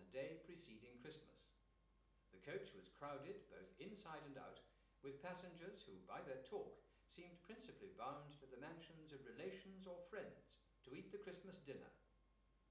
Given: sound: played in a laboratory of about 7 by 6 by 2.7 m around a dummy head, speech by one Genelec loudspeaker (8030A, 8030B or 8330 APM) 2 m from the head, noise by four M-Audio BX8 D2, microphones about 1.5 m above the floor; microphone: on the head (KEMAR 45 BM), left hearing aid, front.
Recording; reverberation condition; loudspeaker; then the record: male speech in English; medium; 120 degrees to the left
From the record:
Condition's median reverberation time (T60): about 510 ms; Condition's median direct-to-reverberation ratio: about -0.5 dB